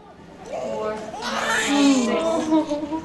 The baby's crying. She's here. And he suctioned her nose to get her to breathe. The actual birth doesn't happen, or the time doesn't happen until every part of the body is out.